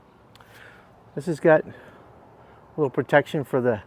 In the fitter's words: oh W snaps right back in look at that